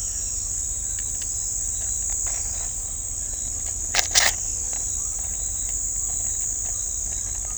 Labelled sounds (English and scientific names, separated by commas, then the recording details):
none
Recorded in shrubland near Pivijay, Magdalena, Colombia, on 2 June 2023 at 05:30
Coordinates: 10.453, -74.365
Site P5-G022